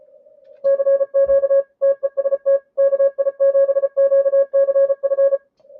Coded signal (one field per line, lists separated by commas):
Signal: Morse code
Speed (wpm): 32 wpm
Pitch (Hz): 550 Hz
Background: none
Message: CQ TEST KI7QCF